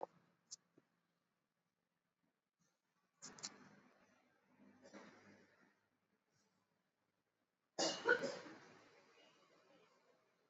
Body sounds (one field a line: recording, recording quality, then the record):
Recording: shallow breathing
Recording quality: poor, much background noise or distortion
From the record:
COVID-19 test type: RT-PCR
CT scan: not taken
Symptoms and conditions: cough, cold, fever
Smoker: yes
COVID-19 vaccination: both doses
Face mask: worn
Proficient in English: yes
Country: India